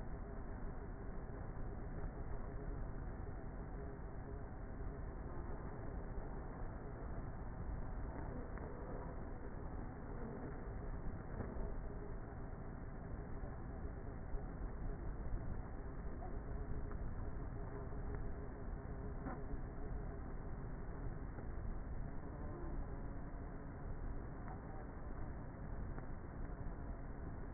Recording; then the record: honeybee colony, microphone inside the hive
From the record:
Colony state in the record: queenless with a low population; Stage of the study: before two queens were removed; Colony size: about 30,000 bees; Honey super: no